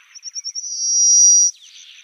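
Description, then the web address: Pale rock sparrow song, starting as a quick run of high pulsed notes that merge into a sustained insect-like buzz, which stops abruptly and is followed by softer rasping notes. "Schulze Peter Pale Rock Sparrow song"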